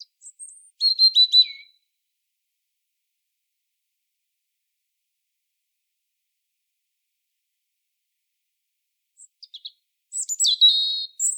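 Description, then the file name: European robin giving two brief phrases of high, thin, tinkling notes, separated by a long pause of silence. "Erithacus rubecula"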